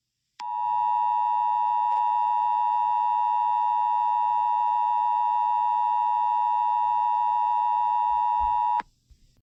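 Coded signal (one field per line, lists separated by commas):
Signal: Emergency Alert System (SAME) tones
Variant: 853 and 960 Hz attention tone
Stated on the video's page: Fictional EAS scenario recreation.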